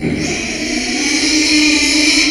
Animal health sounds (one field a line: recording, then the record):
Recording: squeal of a Yucatan mini pig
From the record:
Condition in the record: after surgery on the right vocal fold (resection and tissue-engineered implant)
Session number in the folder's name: 2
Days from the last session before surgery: 13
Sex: male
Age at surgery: 12 weeks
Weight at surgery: 13 kg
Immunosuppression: cyclosporine, prednisolone